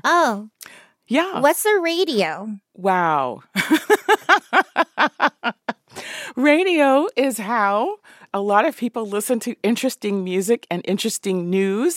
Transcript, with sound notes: Oh.
Yeah.
What's a radio?
Wow. (laughter) Radio is how a lot of people listen to interesting music and interesting news.